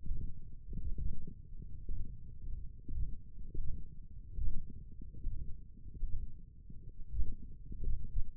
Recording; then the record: forearm muscle sounds (acoustic myography)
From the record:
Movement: ulnar deviation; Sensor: system 1, eight BSWA MPA416 microphones around the upper forearm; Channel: 4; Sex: male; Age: 21 years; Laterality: right